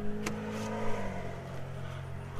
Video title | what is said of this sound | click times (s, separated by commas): A Herd of Bronco Sports Arrived! | you can slide it out here like so. Lock it into place. | 0.3 s